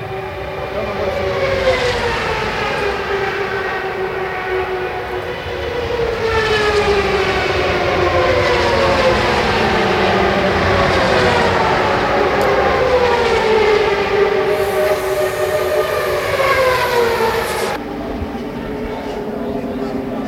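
IndyCar engines roar without a break at Fontana, a dense, high-pitched whine layered over a low rumble. Cars stream past, their pitches sliding downward again and again. The sound swells louder from about six seconds, then a bright hiss cuts off sharply near eighteen seconds.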